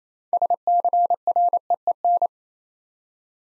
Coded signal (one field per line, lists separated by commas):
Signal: Morse code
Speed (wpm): 27 wpm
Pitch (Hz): 700 Hz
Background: none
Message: SCREEN